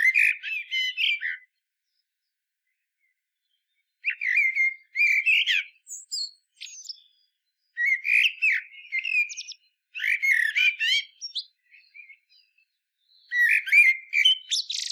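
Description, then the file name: Common blackbird singing in separate phrases of mellow warbled notes and squeaky, higher twitters, with pauses between bursts. "Turdus merula"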